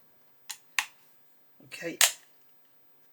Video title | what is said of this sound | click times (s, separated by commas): Building a 1:6 Mustang GT500 from DeAgostini. Part 46. Packs 80 & 81. | you can see how that's all clipped together, and you want to hear them both clip in nice and solid like that. | 0.5 s, 0.8 s